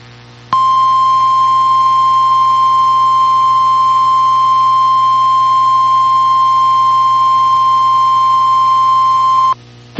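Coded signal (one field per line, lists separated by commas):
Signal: Emergency Alert System (SAME) tones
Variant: 1050 Hz attention tone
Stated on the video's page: Severe Thunderstorm Watch alert, stated to contain valid EAS tones.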